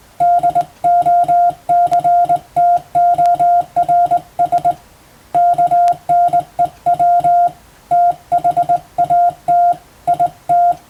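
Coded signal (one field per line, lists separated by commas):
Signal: Morse code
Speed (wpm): 21 wpm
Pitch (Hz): 700 Hz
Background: music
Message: DOCTORS KNEW THAT IT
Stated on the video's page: Morse practice sent for training toward the Japanese radiotelegraph operator exam's telegraphy test, using Western-language telegram practice texts; also suited to amateur receiving practice.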